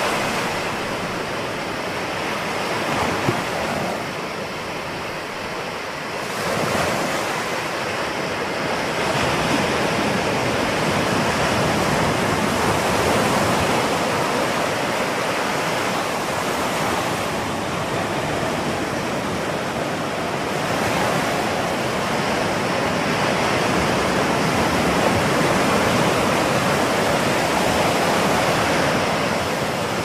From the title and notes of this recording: Ocean Sounds For Sleep.